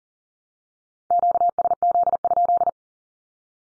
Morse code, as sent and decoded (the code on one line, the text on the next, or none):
--.- ... --.. ..--..
QSZ?